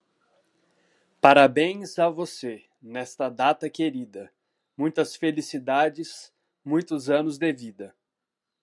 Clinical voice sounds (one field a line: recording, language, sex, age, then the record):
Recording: short text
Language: Brazilian Portuguese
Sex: male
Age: 30 to 39 years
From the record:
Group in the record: control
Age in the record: 33 years